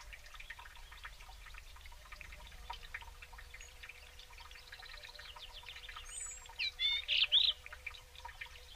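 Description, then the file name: European robin giving a brief cluster of high, thin, tumbling notes near the end, with faint twittering of other birds throughout. "Erithacus rubecula"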